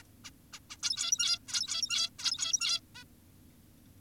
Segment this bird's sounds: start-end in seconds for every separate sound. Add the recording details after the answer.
0.02-0.03, 0.24-0.30, 0.53-0.60, 0.70-0.77, 0.83-1.39, 1.48-2.10, 2.19-2.80, 2.95-3.04. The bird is an adult. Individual g17y2U